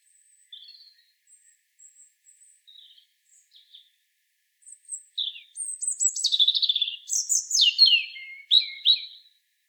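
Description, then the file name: European robin song opening with faint, thin high notes, then swelling into a loud cascading phrase of liquid whistles and fast trills. "Erithacus rubecula"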